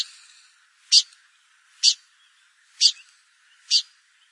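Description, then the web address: Blyth's pipit with four emphatic high call notes over a thin background hiss. "blyth s pipit bird call"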